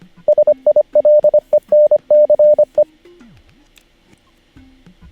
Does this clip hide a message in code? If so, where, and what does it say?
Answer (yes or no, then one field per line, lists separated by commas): yes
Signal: Morse code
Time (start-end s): 0.3-2.8 s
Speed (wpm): 25 wpm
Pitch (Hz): 600 Hz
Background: radio noise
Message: SILENCE